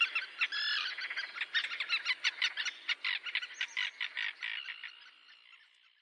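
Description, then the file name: Common tern calls: a rapid series of rasping, clipped notes, fading away over the last second. "rybitwarzeczna"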